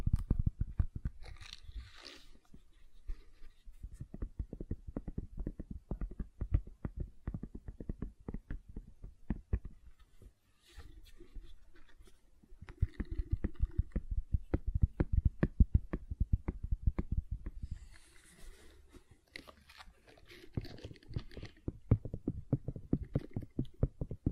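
Gentle silicon sounds: a dense run of soft, quick squishy taps and pops, heavy in the lows, with a brief lull near ten seconds. Short bright, airy rustles break through around two seconds and again near eighteen to twenty seconds.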